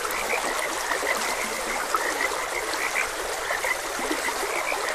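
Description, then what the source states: Short frog croaks repeating irregularly, several calling at once, with steady flowing water filling the background. Frogs croaking beside a gentle stream.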